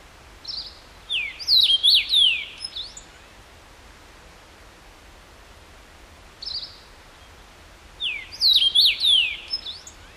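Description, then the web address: Common rosefinch repeating its whistled phrase twice, about seven seconds apart, each of four or five sliding notes preceded by a brief short note. Recorded 14 June 2012; recording marked KBGD. "June 14 2012 C erythrinus KBGD"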